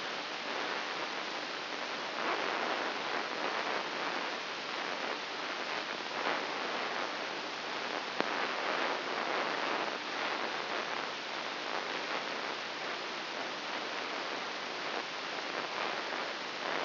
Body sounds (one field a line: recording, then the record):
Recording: brain microelectrode recording played as sound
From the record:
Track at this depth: inside the subthalamic nucleus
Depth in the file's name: 3.004 mm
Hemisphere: right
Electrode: 3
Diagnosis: Parkinson's disease